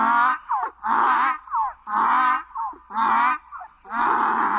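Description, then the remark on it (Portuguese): A donkey at a gate, ears flattening and teeth showing, brays loudly in a repeated rhythm, about five harsh honking blasts alternating with shorter wheezing inhales, each call rich and rasping with no talk over it. “O jegue estava no portão que me pegar. Quando me viu, foi murchando as orelhas, mostrando os dentes e começou a relinchar.”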